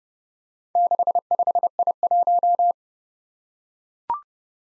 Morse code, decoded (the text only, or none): 65I1